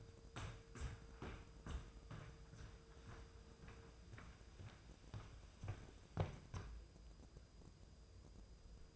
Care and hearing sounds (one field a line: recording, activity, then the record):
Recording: daily activity, microphone in the room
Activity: walk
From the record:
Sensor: 2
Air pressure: 995.8 hPa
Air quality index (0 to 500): 247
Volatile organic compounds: 1000 ppm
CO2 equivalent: 6091 ppm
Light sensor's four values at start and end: 32/76/34/37 and 34/80/36/40